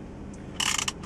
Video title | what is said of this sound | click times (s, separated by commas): Samsung OEM Smartphone Vehicle Dock for Galaxy Note 2 and other Samsung Universal Smart Phone Review | locks in place securely and it's it doesn't look like it's going to be making a whole lot of noise it should be quiet | 0.6 s, 0.8 s, 0.9 s